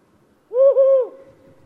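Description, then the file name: Tawny owl giving one hollow hooting note, level with a slight dip mid-way, followed by a softer trailing wavering tone. "灰林鴞"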